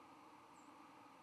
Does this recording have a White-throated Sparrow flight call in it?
no